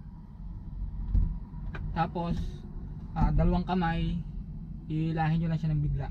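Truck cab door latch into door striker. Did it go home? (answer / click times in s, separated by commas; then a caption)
no / none. A truck cab door is laid lightly against its frame without latching, then pulled shut with both hands so its latch meets the door striker. Someone talks over a steady low engine rumble, and a brief sharp sound rises at 1.8 seconds. Nothing has seated or clicked yet.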